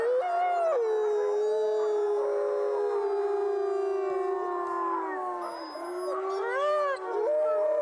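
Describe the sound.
Wolf howls, a chorus of sustained drawn-out tones with sliding pitch, several animals overlapping, a steady lower howl beneath higher wavering ones.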